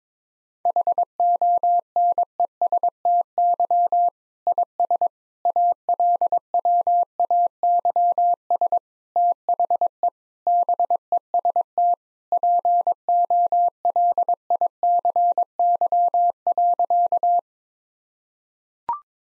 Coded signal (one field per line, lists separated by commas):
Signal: Morse code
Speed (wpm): 22 wpm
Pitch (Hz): 700 Hz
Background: none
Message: HONESTY IS ALWAYS THE BEST POLICY.